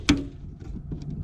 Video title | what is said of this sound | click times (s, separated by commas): FJ Cruiser Window Seal Weatherstrip Replacement | we'll hear it pop up. So there's | 0.1 s